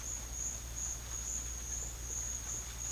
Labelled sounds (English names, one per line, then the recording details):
none
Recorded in pastures near Puerto Asís, Putumayo, Colombia, on 8 March 2025 at 12:30
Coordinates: 0.502, -76.324
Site GP07